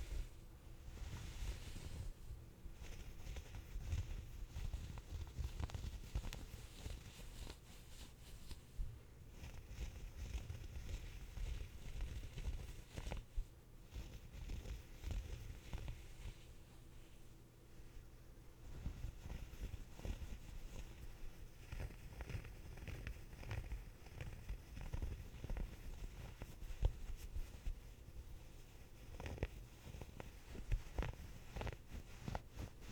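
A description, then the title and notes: Sweater fabric scratching and rubbing, a dense, continuous rough texture weighted toward low rumbling tones with brighter scraping on top. Short strokes repeat rapidly throughout, with brief quieter gaps near 9, 13 and 18 seconds, and the intensity stays fairly even overall. ASMR Sweater Scratching.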